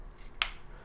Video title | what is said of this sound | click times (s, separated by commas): How to LOAD & UNLOAD a handgun - for beginners! | it clicked it is loaded | 0.4 s